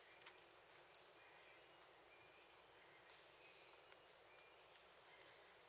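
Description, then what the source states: Bird calling with two brief, very high-pitched chattering notes, each a quick stuttered burst, separated by about three and a half seconds of silence. Birds of the Costa Rican cloud forest; song and call.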